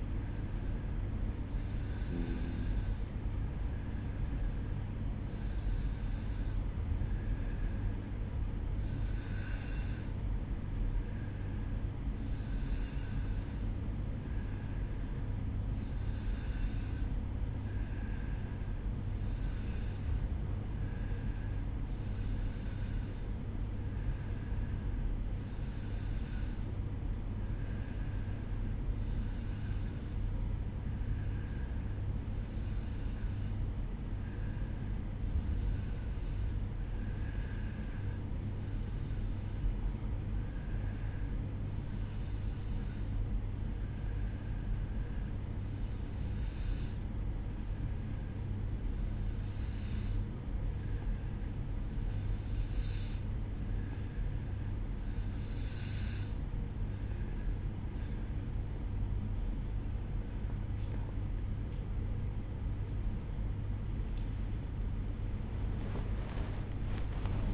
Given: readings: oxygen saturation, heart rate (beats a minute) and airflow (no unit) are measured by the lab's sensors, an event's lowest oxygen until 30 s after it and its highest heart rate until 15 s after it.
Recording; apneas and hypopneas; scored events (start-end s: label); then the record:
breathing in sleep by a smartphone at the bedside; 1
26.00-57.10 s: hypopnea (N2, oxygen 94% highest, then 91% lowest, heart rate 63 at the start, 78 highest)
From the record:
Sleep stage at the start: N2 (light sleep); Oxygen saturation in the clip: 91 to 94%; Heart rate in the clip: 59 to 77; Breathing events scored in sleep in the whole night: 305 in 9.6 hours asleep